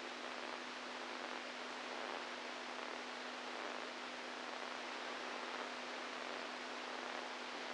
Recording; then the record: brain microelectrode recording played as sound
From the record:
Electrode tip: inside the subthalamic nucleus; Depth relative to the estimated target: 0 mm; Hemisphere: right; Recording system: NeuroSet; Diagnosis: Parkinson's disease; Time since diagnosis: 10 years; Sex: male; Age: 65 years